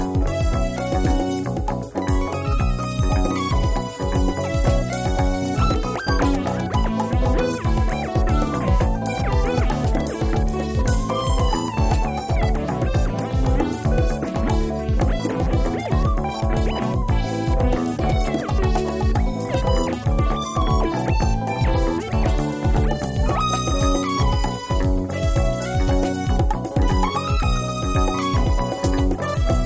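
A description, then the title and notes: A samba band plays on a city street, with loud, steady drumming in a fast, regular beat and bright tones layered throughout. Sounds of Washington DC streets (M Street samba).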